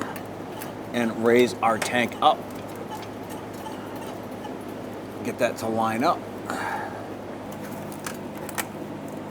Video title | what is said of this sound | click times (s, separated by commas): How to Replace Fuel Pump Assembly 2000-2006 Toyota Tundra | Okay, make sure that it's fully seated. Go ahead and give it a tug, make sure it's locked into place, and | 8.6 s